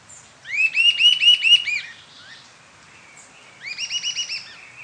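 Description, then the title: Sibilant sirystes uttering two rapid strings of arched, slurred whistled notes, the first longer and louder, the second shorter after a pause. Subspecies sibilator assumed from location. "LuckyPassaro Completos2Sama. Sibilant Sirystes (Sirystes sibilator sibilator (ssp assumed from location))"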